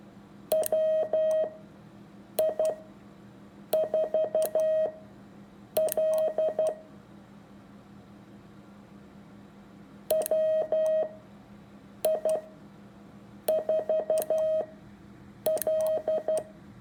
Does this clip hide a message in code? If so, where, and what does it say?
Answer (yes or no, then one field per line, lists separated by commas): yes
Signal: Morse code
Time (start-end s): 0.5-16.4 s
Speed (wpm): 12 wpm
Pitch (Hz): 630 Hz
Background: none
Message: WI4L WI4L